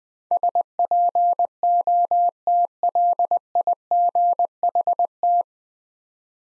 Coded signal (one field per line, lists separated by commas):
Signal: Morse code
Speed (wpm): 20 wpm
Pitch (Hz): 700 Hz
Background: none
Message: SPOTLIGHT